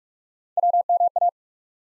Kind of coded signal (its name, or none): Morse code